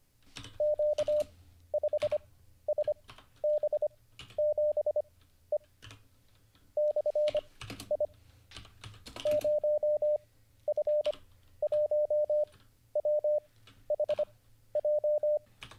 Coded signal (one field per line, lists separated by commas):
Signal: Morse code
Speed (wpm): 25 wpm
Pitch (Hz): 600 Hz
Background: none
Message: Q5SB7E /I 0F1WHJ